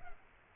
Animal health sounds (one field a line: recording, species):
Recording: mosquito wingbeat signal from an infrared sensor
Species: Culex pipiens